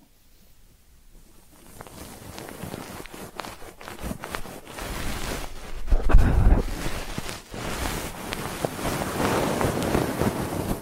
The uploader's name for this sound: Ear Cleaning Triggers